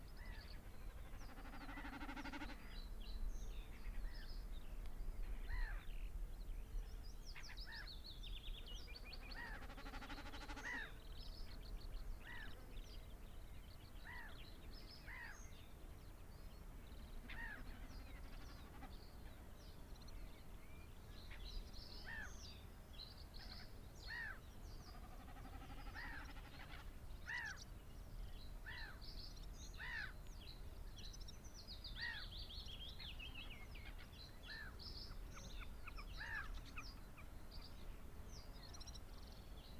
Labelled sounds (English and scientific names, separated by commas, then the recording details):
Common Snipe (Gallinago gallinago)
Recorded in the wild
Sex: male
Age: adult
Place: Zarnekow, Peenetal, Mecklenburg-Vorpommern, DE
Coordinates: 53.8767, 12.8836
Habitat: greenland
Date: 2010-06-08 16:27
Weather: fair, 20°C, weak easterly winds
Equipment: Sound Devices 702, Sennheiser MKH 70, Rycote Windschutz
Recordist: Frommolt, Karl-Heinz
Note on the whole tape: Polder Zarnekow-Upost: Balz einer Bekassine mit "Meckern". Tickern bei Landung. Entfernung 40 - 100 m